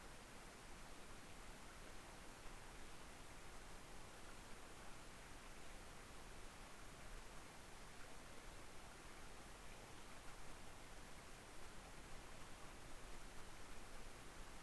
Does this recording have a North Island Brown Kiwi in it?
no